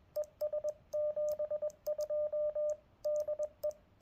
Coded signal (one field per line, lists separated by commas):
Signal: Morse code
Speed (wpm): 19 wpm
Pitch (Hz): 590 Hz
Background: radio noise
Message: ES 72 DE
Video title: US-12071 CW Revisit